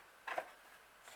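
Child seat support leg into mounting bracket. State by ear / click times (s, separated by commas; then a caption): not seated / none. A Hamax Observer child seat's second support leg is handled against its mounting bracket on a threadless stem, giving a brief burst of plastic handling noise around 0.3 s with a sharper tap at 0.4 s. The leg has not seated or clicked into place yet.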